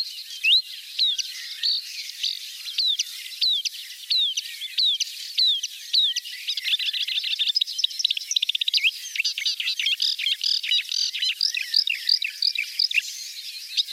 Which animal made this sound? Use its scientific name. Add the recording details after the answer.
Acrocephalus palustris. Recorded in the wild. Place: Balaton / Hubertuspark, HU. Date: 1990-06-01. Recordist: Schwarz, Dieter